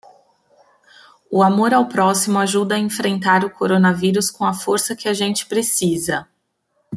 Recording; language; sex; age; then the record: spoken sentence; Brazilian Portuguese; female; 30 to 39 years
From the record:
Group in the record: control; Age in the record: 37 years